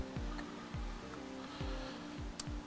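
The cover of a Hopkins Endurance 7-way trailer connector socket is handled, screw side down, against its plastic housing while music plays in the background. Only handling noises and a brief sharp tick near 2.4 s are heard. The cover has not snapped or locked into place yet.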